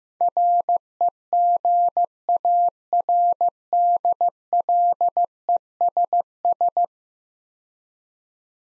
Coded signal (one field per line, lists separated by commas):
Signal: Morse code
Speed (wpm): 15 wpm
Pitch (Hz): 700 Hz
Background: none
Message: REGARDLESS